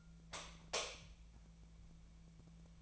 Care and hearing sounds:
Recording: daily activity, microphone in the room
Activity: light off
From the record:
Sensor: 1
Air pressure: 1000.0 hPa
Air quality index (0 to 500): 131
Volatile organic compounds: 2 ppm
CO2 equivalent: 1238 ppm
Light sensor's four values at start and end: 39/106/43/52 and 36/91/38/47

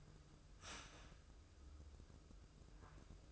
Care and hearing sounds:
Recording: daily activity, microphone in the room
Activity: start toaster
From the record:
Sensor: 2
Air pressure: 995.1 hPa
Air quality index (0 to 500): 56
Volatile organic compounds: 1 ppm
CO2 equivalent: 913 ppm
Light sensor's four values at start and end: 16/53/21/20 and 16/53/21/20

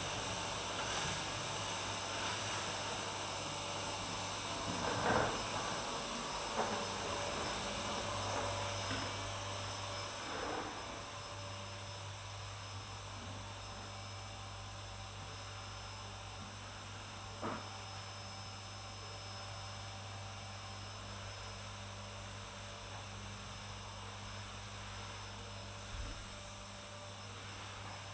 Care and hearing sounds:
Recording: daily activity, microphone in the room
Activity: vacuum cleaning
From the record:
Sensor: 2

